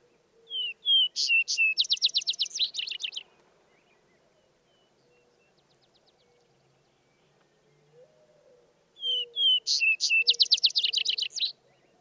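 Two Vesper Sparrow songs roughly nine seconds apart, each with slurred introductory whistles and a long rapid trill.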